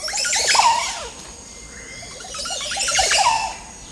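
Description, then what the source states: Montezuma oropendola song: two liquid, gurgling phrases of sliding notes about two and a half seconds apart. Male perched beside its nest in a clearing in a valley where a Maya city once stood, tropical Central America, winter morning at sunrise; a seductive, wonderful tune.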